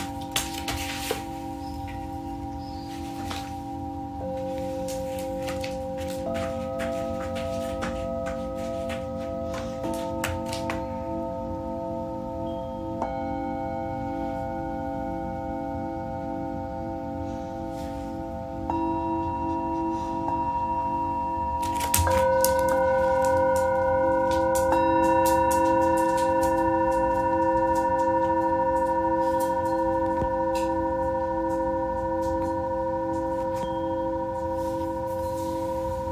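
Singing bowls ring in long, sustained tones that overlap and pile up, with new strikes adding higher pitches around 5, 13, 19 and 22 seconds. A low, steady hum wavers underneath throughout, and the sound grows fuller and louder after the strike near 22 seconds.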